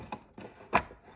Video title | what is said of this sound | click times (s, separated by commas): How To Replace Tail light / Brake / Turn Signal Bulb On Ford Escape | make sure it pops in like that, and then turn it | 0.8 s